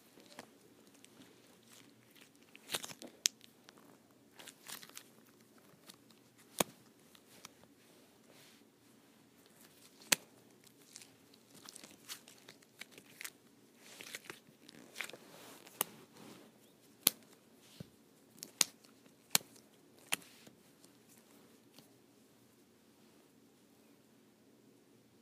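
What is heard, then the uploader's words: Putty being pulled apart gives sharp sticky clicks and crackles at an irregular pace, some clustered, over a low steady hum. ASMR Pulling Apart Putty.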